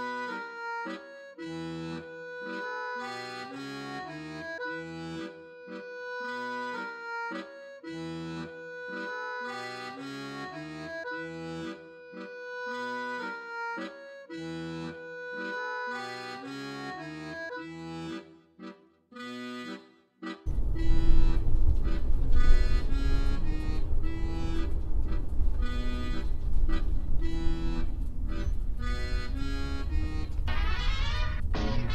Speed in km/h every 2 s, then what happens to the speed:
0, 8, 10, 10, 10, 13, 8, 19, 32, 44, 50, 50, 48, 44, 27, 29.
1-3 pulls away to 10. 3-12 steady at about 10. 12-20 speeds up to 50. 23-28 brakes to 27.